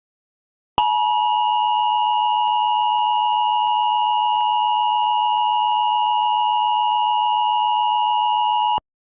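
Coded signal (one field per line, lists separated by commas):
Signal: Emergency Alert System (SAME) tones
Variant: 853 and 960 Hz attention tone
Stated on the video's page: Remastered fictional EAS scenario about a Yellowstone supervolcano eruption.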